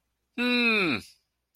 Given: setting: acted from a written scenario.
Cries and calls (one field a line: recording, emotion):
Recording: vocal sound without words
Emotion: disappointment